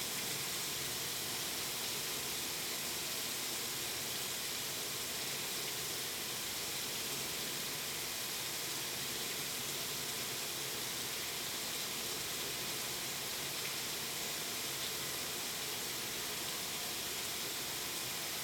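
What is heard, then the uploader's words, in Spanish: Rain falls steadily and densely, a constant hiss with no gaps or distinct drops standing out. The sound is bright, filling the upper range evenly for the whole stretch, with only a faint low rumble underneath. Lluvia. Agua.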